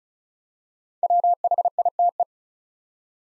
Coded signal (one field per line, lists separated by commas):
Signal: Morse code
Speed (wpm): 36 wpm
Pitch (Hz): 700 Hz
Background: none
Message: WHITE